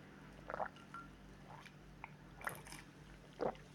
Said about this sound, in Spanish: Recuerdo, por ejemplo, si me permiten beber un momentito, y los hielos que se oyen. Es mi estilo, es my way, es a mi manera.